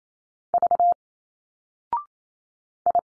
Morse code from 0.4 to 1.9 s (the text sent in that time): V